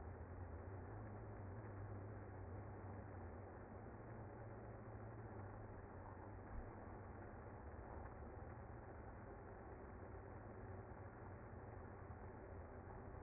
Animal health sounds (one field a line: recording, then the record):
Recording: honeybee colony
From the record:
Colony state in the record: active